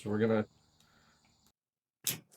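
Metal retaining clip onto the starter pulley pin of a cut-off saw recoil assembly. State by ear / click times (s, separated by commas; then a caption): seated / 2.1 s. Someone talks briefly while fitting the metal retaining clip onto the dowel pin of a Stihl TS420 cut-off saw's pull-cord recoil starter pulley, hooking its straight side over and spreading it. After a quiet stretch, the clip snaps down over the top of the pin with a sharp click at 2.1 s, and it is seated.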